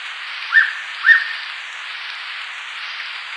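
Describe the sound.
Hooded pitta giving a paired whistled song, two clear matching notes in quick succession, with another phrase starting at the end, over constant hiss.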